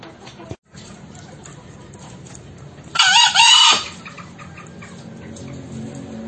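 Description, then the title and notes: Green junglefowl: a single harsh, scratchy two-part crow midway, surrounded by faint background chirping and a brief dropout early on. Crowing of green junglefowl used as a lure (masteran) to make silent wild junglefowl respond, for trapping. "Kokok Ayam Hutan. MASTERAN AYAM HUTAN HIJAU YANG MACET BUNYI WAJIB NYAUT. Pemikat Ayam Hutan"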